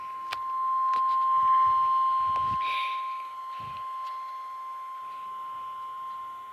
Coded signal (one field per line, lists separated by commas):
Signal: Emergency Alert System (SAME) tones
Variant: 1050 Hz attention tone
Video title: eas test was (195)